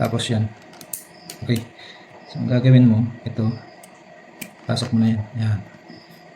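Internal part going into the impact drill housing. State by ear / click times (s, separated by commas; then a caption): seated / 4.4 s. An internal part is pushed into its seat in the housing of an INGCO impact drill during reassembly, and it locks into place. Someone talks over small mechanical clicks and taps, and a sharp hit at 4.4 s marks the part seating.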